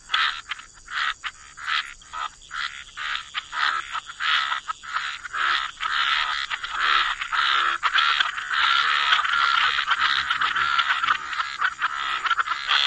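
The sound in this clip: Frog chorus with quick repeated croaking pulses, spaced early on and then thickening into a continuous rasping chorus.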